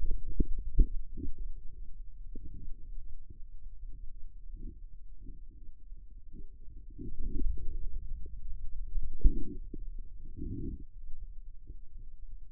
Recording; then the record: forearm muscle sounds (acoustic myography)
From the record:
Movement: inward rotation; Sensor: system 2, bracelet of six BSWA MPA416 microphones around the upper forearm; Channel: 6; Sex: male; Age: 22 years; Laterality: right